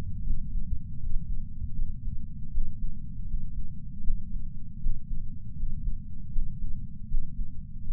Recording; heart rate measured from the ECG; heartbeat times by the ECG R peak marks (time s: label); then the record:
heart sounds by patch sensor on the chest; 79 bpm
0.24 s: heartbeat
1.00 s: heartbeat
1.75 s: heartbeat
2.52 s: heartbeat
3.27 s: heartbeat
4.04 s: heartbeat
4.80 s: heartbeat
5.56 s: heartbeat
6.32 s: heartbeat
7.08 s: heartbeat
7.84 s: heartbeat
From the record:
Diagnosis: coronary artery disease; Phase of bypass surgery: preoperative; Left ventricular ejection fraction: 66.3%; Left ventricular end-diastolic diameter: 44 mm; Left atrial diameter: 34 mm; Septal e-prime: 5.3 cm/s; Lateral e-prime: 9.3 cm/s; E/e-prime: 13.2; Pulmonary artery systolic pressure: 31 mmHg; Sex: male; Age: 76 years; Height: 164 cm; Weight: 75 kg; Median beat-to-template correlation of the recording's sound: 0.83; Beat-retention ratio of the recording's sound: 0.97